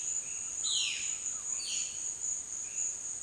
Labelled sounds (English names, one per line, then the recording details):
Violaceous Jay
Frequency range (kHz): Violaceous Jay 2.0-6.8 kHz
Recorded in dense forest near Puerto Asís, Putumayo, Colombia, on 29 June 2025 at 12:30
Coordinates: 0.484, -76.325
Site H65